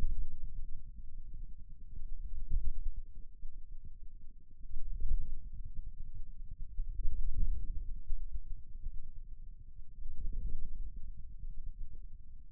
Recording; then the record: forearm muscle sounds (acoustic myography)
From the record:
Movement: wrist flexion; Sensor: system 2, bracelet of six BSWA MPA416 microphones around the upper forearm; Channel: 2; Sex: male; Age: 22 years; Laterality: right